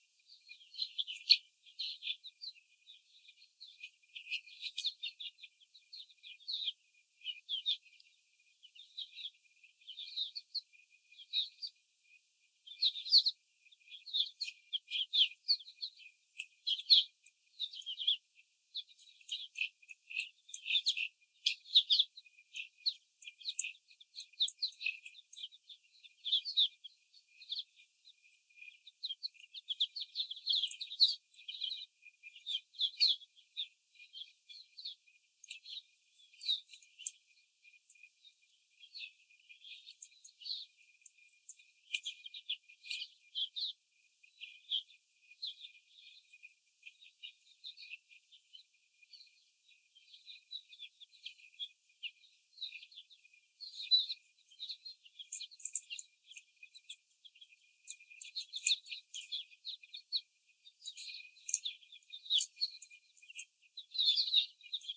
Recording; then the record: young laying hens in a cage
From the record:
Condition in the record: after the stressor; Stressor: simulated dog barking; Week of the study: 4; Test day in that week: 3